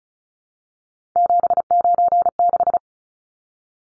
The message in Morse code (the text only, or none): 796